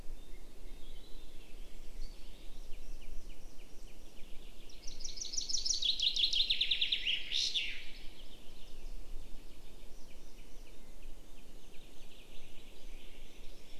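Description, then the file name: Common chaffinch song: one cascading trill that drops in pitch and closes with a quick terminal flourish; faint birds and steady low hum around it. "Fringilla coelebs"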